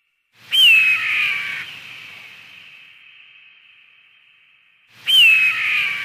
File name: red tailed hawk. omkicau